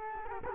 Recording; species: mosquito wingbeat signal from an infrared sensor; Culex quinquefasciatus